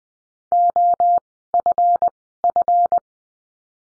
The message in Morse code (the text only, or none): OFF